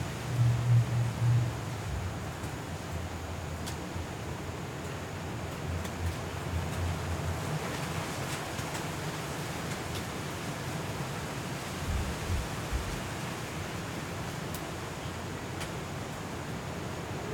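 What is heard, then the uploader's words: Hurricane wind and rain at midnight form a dense, steady roar that fills the whole clip. A heavier low rumble surges in the first second or two, then the wash settles to an even level, with occasional faint ticks and brief gusting swells. Hurricane Kay in Los Cabos at Midnight. The hurricane didn't hit the city, but we recorded the sound of the wind, rain and city.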